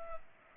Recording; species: mosquito wingbeat signal from an infrared sensor; Culex pipiens